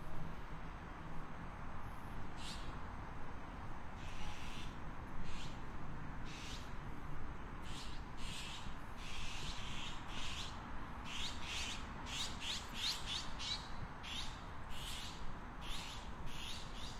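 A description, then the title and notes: A walk outdoors on a cloudy midday, with a steady low rumble like traffic running underneath throughout. Bright, scratchy bursts come every second or so, much like footsteps crunching, and a few short bird-like squawks or chirps appear over the noise. 27℃ 多云天的午间散步. Noon Break Walking On A Cloudy Day.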